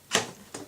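A tapered landing gear piece on an RC trainer airplane slides smoothly into its gear mount and clicks into place at 0.2 s, with a fainter second tick at 0.55 s. A small pin drops into a hole and holds the gear piece, so it is seated.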